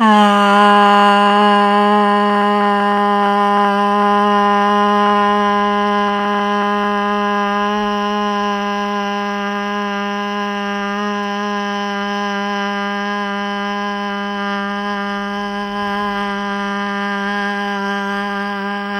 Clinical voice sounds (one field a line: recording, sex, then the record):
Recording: sustained vowel /a/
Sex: female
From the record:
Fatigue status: no fatigue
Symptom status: symptomatic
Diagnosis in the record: COVID-19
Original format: m4a